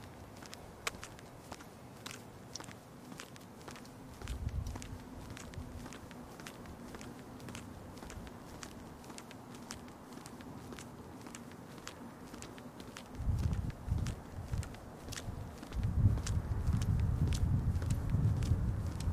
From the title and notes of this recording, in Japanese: 帰り道、まだ桜は咲いてました。今回も本人喋りません！